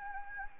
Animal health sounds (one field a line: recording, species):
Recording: mosquito wingbeat signal from an infrared sensor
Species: Anopheles gambiae